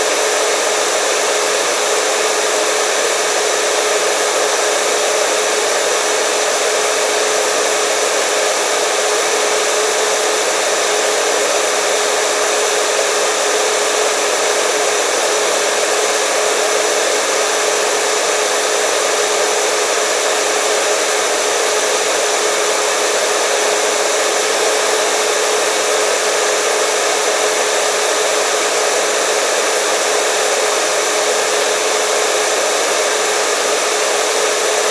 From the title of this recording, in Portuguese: ruído branco